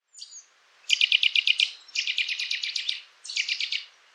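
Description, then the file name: Eurasian nuthatch giving rapid bursts of sharp, repeated notes: three short volleys after one faint opening note. "Sitta europaea"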